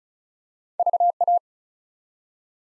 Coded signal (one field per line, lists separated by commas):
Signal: Morse code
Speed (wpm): 36 wpm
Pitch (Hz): 700 Hz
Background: none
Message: VA